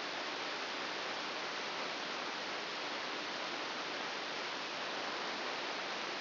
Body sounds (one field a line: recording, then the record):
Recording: brain microelectrode recording played as sound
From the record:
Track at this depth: inside the subthalamic nucleus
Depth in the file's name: 4.002 mm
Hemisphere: right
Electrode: 2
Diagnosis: Parkinson's disease